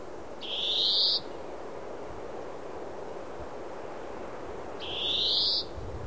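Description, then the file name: European greenfinch giving a drawn-out, nasal wheeze that rises steadily, twice about four seconds apart, over a constant low rumbling background. "Chloris chloris"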